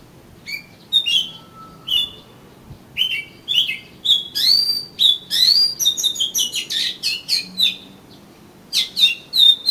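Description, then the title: Oriental magpie-robin in full song: varied whistles, slurs and rising sweeps that build into a dense, rapid sequence. "Kacer Kacer"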